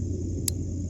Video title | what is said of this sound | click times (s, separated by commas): Legion Premiere Look at the Reinforced Rock Onyx ZD-104A in D2 Steel | it snaps into place. | 0.5 s